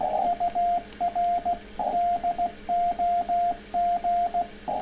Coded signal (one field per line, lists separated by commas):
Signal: Morse code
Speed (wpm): 16 wpm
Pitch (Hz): 690 Hz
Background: radio noise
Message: UR DOG